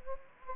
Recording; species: mosquito wingbeat signal from an infrared sensor; Anopheles gambiae